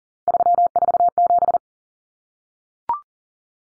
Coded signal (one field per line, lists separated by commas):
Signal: Morse code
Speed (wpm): 40 wpm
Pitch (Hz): 700 Hz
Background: none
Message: 347